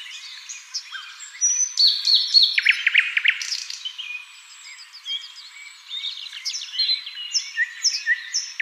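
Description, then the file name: Common nightingale song with a loud burst of repeated notes and rich chirps early on, softer twittering in the middle, more phrases toward the end. "Luscinia megarhynchos"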